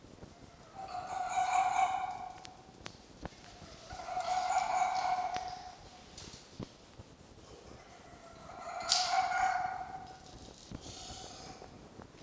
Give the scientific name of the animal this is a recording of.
Vulpes vulpes